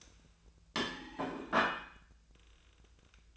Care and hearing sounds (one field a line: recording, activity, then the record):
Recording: daily activity, microphone in the room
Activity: place plate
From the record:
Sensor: 2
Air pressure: 1009.2 hPa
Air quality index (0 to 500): 186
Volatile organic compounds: 11 ppm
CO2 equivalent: 2319 ppm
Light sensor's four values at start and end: 23/57/25/27 and 23/57/25/27